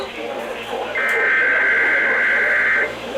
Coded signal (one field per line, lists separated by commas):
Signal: Emergency Alert System (SAME) tones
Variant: header bursts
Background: speech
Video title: Required Weekly Tests from 7/28/21 (EAS 6101-6108)